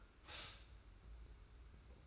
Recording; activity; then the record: daily activity, microphone in the room; stop toaster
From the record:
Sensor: 2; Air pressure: 991.5 hPa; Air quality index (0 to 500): 188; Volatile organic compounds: 1000 ppm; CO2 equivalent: 6135 ppm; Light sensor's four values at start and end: 32/97/38/36 and 32/97/38/36